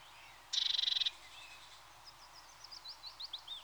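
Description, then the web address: Eurasian blue tit: a short buzzy churring rattle of rapid pulses, followed by thin, quiet twitters. "BBC Sound Effects Library. Blue TIT (Parus Caeruleus)"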